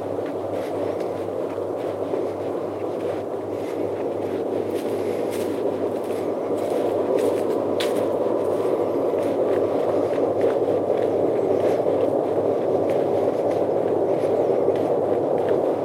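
A pitch-black night hike on the Appleton Trail, carried by a dense, steady rushing hiss in the middle range that swells slightly after about seven seconds. Short crisp ticks and crackles, possibly footsteps, scatter across it, most often between five and eight seconds.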